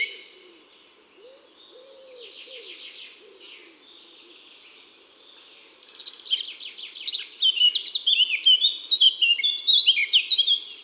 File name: Fauvette a tete noire Chants doiseaux des bois et des forets